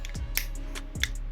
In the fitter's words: nice click on those very nice